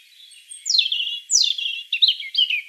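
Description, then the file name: European robin song with steeply falling high whistles followed by a tumble of rapid twittering notes. "Erithacus rubecula 240702"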